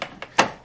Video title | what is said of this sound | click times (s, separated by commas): Peel and Dice Video Review | And we're going to take this, slide it on, lock it, | 0.4 s